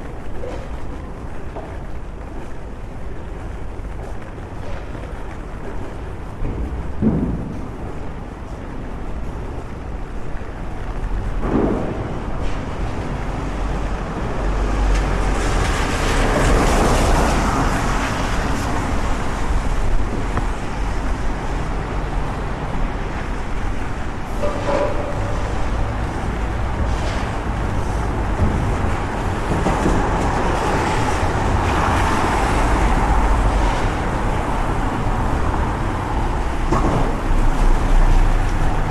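A rainy London city walk with a steady wash of rain and traffic filling the whole clip, growing a little louder after about fifteen seconds. A low rumble of passing vehicles runs underneath, with occasional sharper knocks and swishes, including one near twenty-five seconds.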